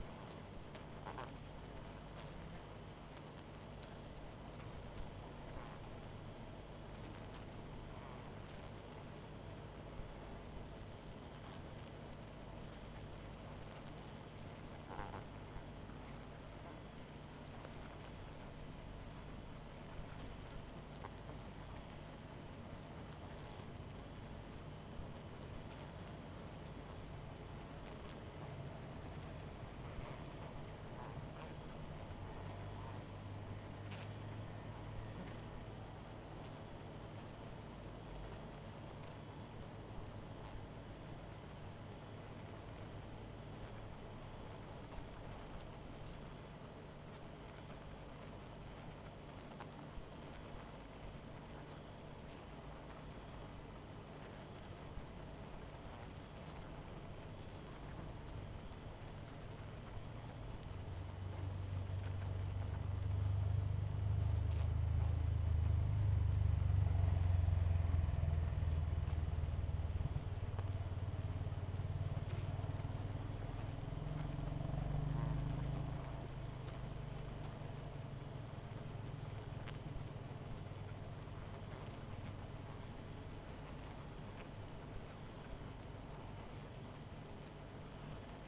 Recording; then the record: honeybee colony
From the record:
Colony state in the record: missing queen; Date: 14 July 2017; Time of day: 21:00